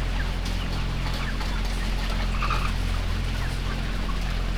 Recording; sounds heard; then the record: poultry house recording; healthy chickens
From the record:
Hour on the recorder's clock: 16